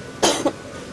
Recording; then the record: coughing mixed with background sound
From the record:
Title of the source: 61 morning phlegmy cough...again